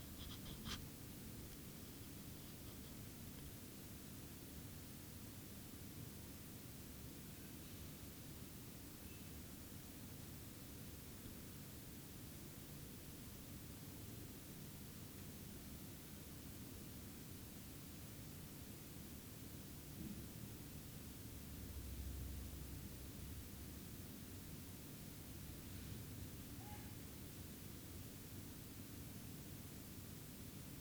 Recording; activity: daily activity, guitar pickup as the sensor; lie down